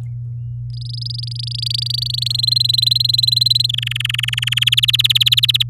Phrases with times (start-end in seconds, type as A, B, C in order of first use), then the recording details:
0.73-2.33 A, 2.34-3.67 B, 3.69-4.59 C, 4.61-5.63 D. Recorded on 11 May 2018 at 09:09. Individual llb16